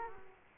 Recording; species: mosquito wingbeat signal from an infrared sensor; Culex quinquefasciatus